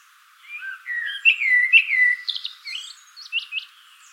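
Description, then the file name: Common blackbird singing a low, fluty warbled phrase that breaks into rapid, high, scratchy twittering notes at the end. "Turdus merula"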